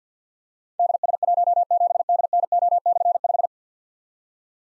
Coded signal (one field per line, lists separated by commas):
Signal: Morse code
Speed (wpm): 46 wpm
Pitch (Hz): 700 Hz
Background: none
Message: DS17DNO/5